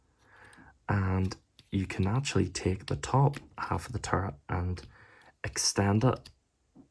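Someone talks while handling the top half of a plastic toy turret, which is about to be pulled out and extended into position on the turret base. Only speech and faint handling sounds are heard, and nothing has clicked or seated yet.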